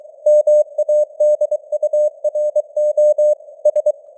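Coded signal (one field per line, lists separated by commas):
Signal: Morse code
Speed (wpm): 23 wpm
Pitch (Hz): 600 Hz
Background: none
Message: MADURO S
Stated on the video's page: Morse code news headlines at 23 wpm with simulated radio noise and varying signal strength (QSB).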